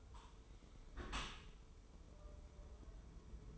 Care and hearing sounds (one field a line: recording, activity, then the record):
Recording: daily activity, microphone in the room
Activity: close dishwasher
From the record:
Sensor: 1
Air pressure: 1015.0 hPa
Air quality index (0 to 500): 25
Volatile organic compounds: 0 ppm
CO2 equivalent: 503 ppm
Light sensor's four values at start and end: 13/30/12/13 and 13/30/12/13